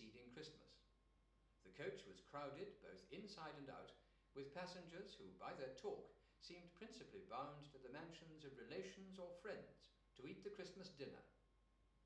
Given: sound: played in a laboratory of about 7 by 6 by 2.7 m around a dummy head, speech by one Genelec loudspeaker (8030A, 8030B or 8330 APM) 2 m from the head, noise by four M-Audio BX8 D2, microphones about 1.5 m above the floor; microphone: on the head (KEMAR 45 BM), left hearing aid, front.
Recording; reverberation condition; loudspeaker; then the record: male speech in English; medium; 120 degrees to the left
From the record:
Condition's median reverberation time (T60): about 510 ms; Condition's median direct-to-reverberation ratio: about -0.5 dB